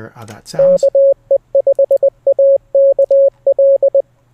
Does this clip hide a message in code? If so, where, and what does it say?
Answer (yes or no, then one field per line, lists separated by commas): yes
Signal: Morse code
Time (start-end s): 0.6-4.0 s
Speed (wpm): 20 wpm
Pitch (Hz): 550 Hz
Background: speech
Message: KE5AKL